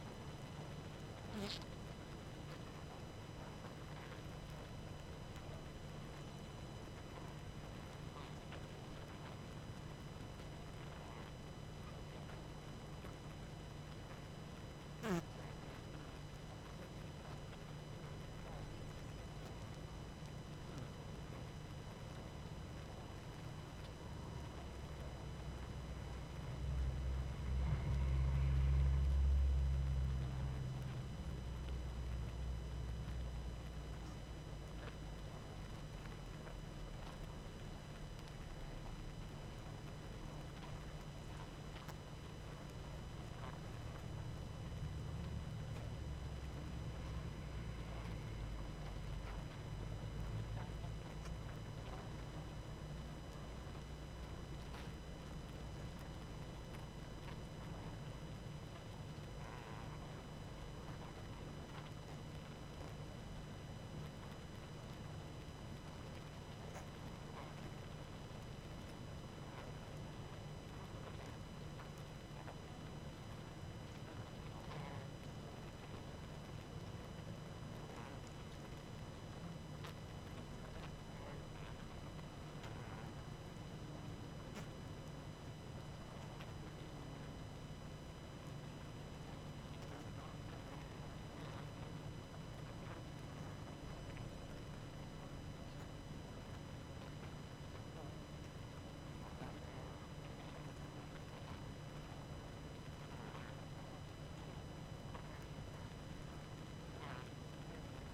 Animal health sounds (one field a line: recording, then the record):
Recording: honeybee colony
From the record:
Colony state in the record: active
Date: 12 June 2018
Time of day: 21:20